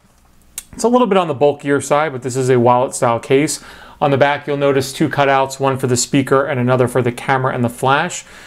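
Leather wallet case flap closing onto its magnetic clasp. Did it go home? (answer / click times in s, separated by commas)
yes / 0.6 s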